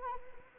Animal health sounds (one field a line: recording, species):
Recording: mosquito wingbeat signal from an infrared sensor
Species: Anopheles arabiensis